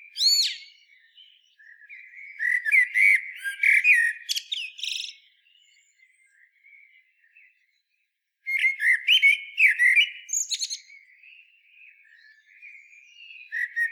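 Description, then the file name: Common blackbird song: a long run of fluting whistles mixed with high, buzzy twitters, a quiet gap, then another warbled phrase and faint soft notes. "Turdus merula"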